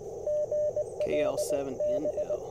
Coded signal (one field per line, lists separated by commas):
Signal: Morse code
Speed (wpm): 22 wpm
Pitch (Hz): 600 Hz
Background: speech, radio noise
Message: GLB